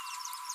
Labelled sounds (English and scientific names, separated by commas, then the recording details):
Green-rumped Parrotlet (Forpus passerinus) babbling
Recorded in a nest box in Venezuela
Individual 18B25A4